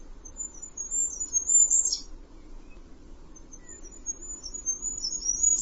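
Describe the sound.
Bird uttering high, thin twittering calls in short bursts at the start and end, separated by a quiet gap, over a low background hum.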